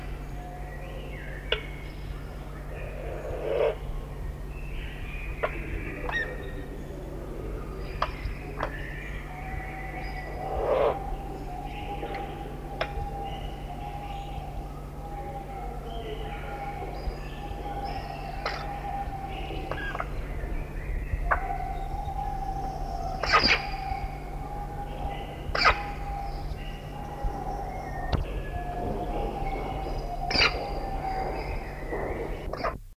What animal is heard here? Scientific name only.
Sarcops calvus